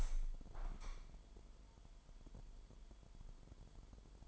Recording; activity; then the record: daily activity, microphone in the room; open window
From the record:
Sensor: 5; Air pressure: 998.7 hPa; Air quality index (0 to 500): 106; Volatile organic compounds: 2 ppm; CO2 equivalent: 1224 ppm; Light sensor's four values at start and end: 88/219/91/102 and 83/208/86/97